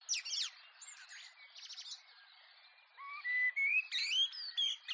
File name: skyclad sound blackbird with other birds in background collared dove dove joins in distance garden at dawn